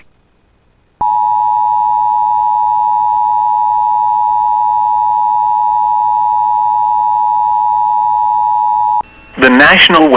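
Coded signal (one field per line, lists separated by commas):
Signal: Emergency Alert System (SAME) tones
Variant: 853 and 960 Hz attention tone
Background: speech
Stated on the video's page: EAS SAME tones for a Severe Thunderstorm Warning from the NWS in Duluth.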